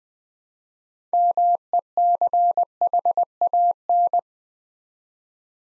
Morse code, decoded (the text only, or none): MECHAN